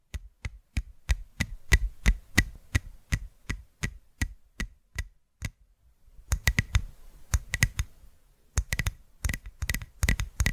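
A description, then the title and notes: Crisp tapping on a hard surface, with steady, evenly spaced taps for the first five seconds. After a brief pause, the taps return faster and more irregular, then stop for a moment and resume in quick bursts. It stays quiet between taps. ASMR Tapping Through Your Brain Invisible + 3D Triggers (No Talking).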